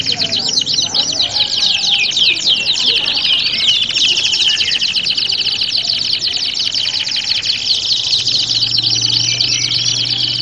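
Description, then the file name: Canary singing continuously, fast rolling trills and looping whistles, with a low hum near the end. Simulation of a standard canary singing contest. "audio simulasi lomba kenari standar"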